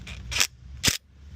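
An impact driver slowly taps a rodent bait station's anchor into its mount or the ground, producing two short, sharp broadband bursts over a low steady hum. The anchor clicks in at 0.4 s and is seated, followed by a second burst near 0.9 s.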